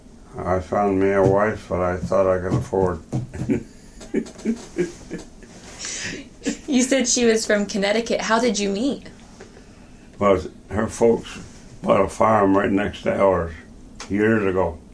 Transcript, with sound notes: I found me a wife that I thought I could afford [laughter]
You said she was from Connecticut. How did you meet?
Well, her folks bought a farm right next to ours years ago.